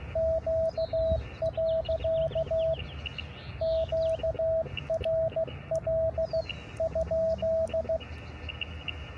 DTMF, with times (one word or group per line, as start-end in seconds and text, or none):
none